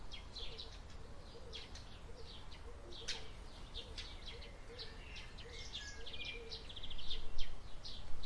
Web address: il suono degli uccelli estivi in una giornata tranquilla